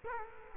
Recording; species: mosquito wingbeat signal from an infrared sensor; Culex quinquefasciatus